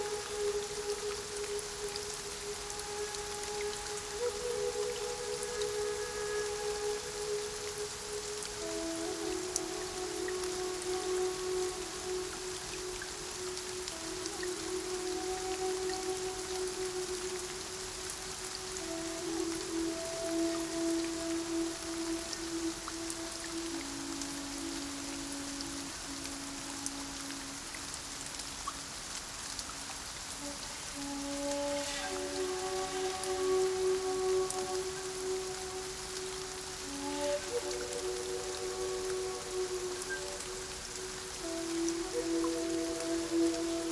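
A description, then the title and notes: A flute plays a slow, sustained melody of long held notes in the middle register, gliding from note to note with few pauses across the whole clip. Behind it, steady rain hisses evenly throughout, dense, with occasional brighter drips. Flute In The Rain Meditation.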